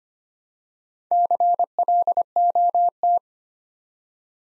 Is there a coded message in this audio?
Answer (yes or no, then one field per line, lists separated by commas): yes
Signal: Morse code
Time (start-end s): 1.1-3.2 s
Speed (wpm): 25 wpm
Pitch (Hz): 700 Hz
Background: none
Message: CLOT